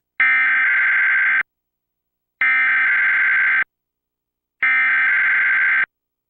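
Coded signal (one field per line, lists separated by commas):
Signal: Emergency Alert System (SAME) tones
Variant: header bursts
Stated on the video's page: Real Required Weekly Test, captured off the air.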